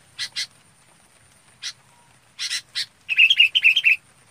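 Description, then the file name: Red-whiskered bulbul song: a few scattered dry chips, then a rapid run of bright warbled whistled notes near the end. Described as high-pitched singing (bổng hót). "tieng chao mao bong hot"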